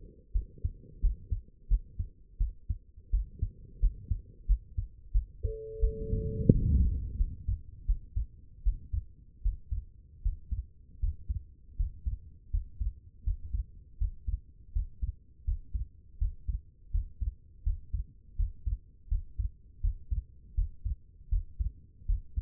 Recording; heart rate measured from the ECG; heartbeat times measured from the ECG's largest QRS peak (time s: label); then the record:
heart sounds by stethoscope; 83 bpm
0.33 s: heartbeat
1.01 s: heartbeat
1.69 s: heartbeat
2.38 s: heartbeat
3.11 s: heartbeat
3.80 s: heartbeat
4.47 s: heartbeat
5.12 s: heartbeat
5.80 s: heartbeat
6.52 s: heartbeat
7.17 s: heartbeat
7.86 s: heartbeat
8.63 s: heartbeat
9.42 s: heartbeat
10.22 s: heartbeat
11.00 s: heartbeat
11.76 s: heartbeat
12.50 s: heartbeat
13.23 s: heartbeat
13.98 s: heartbeat
14.72 s: heartbeat
15.44 s: heartbeat
16.18 s: heartbeat
16.91 s: heartbeat
17.63 s: heartbeat
18.36 s: heartbeat
19.08 s: heartbeat
19.80 s: heartbeat
20.54 s: heartbeat
21.29 s: heartbeat
22.06 s: heartbeat
From the record:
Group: healthy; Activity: rest 0-10 s, Valsalva maneuver 10-22 s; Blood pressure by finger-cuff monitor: 86/52 mmHg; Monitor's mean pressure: 65 mmHg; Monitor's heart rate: 81 bpm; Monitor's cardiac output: 7.2 L/min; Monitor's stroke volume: 91 mL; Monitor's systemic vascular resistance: 590 dyn s/cm5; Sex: female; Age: 22 years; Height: 161 cm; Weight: 65.5 kg